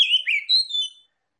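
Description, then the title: Oriental magpie-robin giving a short phrase of sweet, slurred whistles that falls, then rises again, lasting about a second. Tretes; singing vigorously (gacor). "Kacer Tretes"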